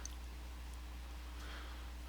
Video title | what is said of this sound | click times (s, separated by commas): Fix Overheating Laptop / Clean the Cooling Fan - Toshiba A100 | them exactly right and then just push down and they'll click into place there | 0.1 s